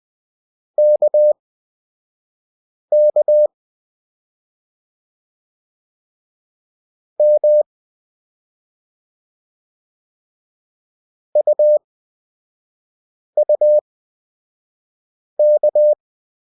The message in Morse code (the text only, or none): KK M UUK